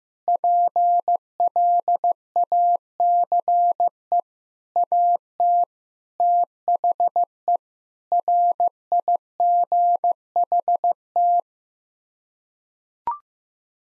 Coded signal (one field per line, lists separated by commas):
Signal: Morse code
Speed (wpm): 16 wpm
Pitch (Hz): 700 Hz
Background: none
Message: PLACE AT THE RIGHT